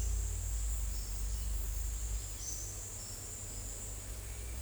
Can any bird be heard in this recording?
no